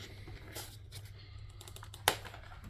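A plastic ball joint is pushed into its socket on a model kit, with a few faint ticks of handling first. It ends in a single loud, sharp snap at 2.1 s as the joint seats.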